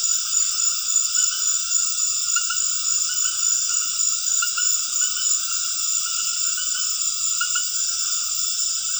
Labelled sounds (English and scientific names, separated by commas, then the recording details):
none
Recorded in dense forest near Puerto Asís, Putumayo, Colombia, on 4 March 2025 at 20:00
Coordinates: 0.481, -76.323
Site G088